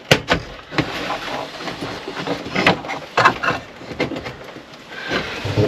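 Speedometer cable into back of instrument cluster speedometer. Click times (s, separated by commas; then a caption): 0.1 s. A speedometer cable on a 1977 Ford F150 is slid onto the back of the speedometer in the instrument cluster and pushed up until it seats with a sharp click at 0.1 s. Further handling knocks and rattles follow at about 0.3, 0.8, 2.7 and 4.0 s.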